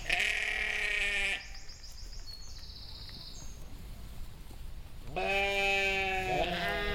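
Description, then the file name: Sheep bleating: a long wavering bleat, a quieter pause, then a second bleat that breaks near its end. "schafe"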